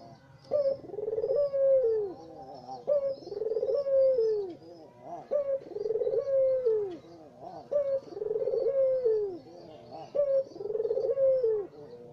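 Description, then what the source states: Barbary dove giving a steady series of five rolling coos, each with a clipped first note and a descending purr, roughly every two seconds. White (putih) Barbary dove; Indonesian masteran used to train songbirds to copy its call.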